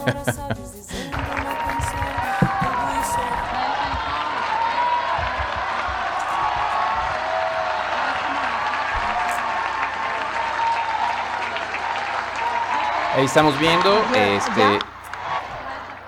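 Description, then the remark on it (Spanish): Sustained applause from a large crowd at Claudia Sheinbaum's swearing-in as president of the Republic fills the scene, a dense steady wash of clapping with scattered cheers, while a voice speaks briefly over it near the start and a louder burst swells near the end. “a Claudia aplaudiendo al presidente.”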